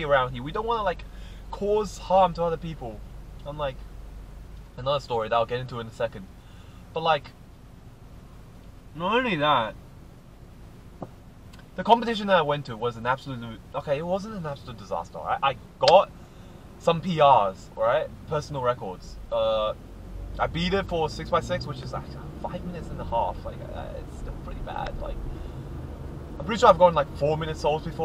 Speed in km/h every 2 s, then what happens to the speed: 0, 0, 0, 0, 0, 0, 0, 0, 0, 1, 5, 17, 27, 37.
0-18 standing. 18-28 pulls away to 37.